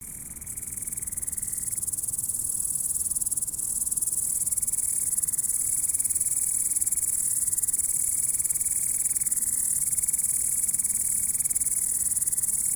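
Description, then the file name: Grasshopper chirring, a sustained high buzzy shimmer that swells in the first seconds, with a faint wavering mid-pitched tone. "zvuki kuznechika"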